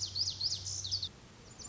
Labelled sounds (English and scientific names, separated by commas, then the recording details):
Lazuli Bunting (Passerina amoena)
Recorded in Sonoma County, California